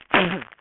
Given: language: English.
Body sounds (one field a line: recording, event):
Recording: throat vibration sensor signal played as sound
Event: cough